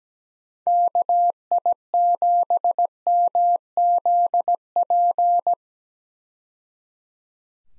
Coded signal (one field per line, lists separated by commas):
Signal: Morse code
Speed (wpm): 17 wpm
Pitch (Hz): 700 Hz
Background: none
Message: KI7MZP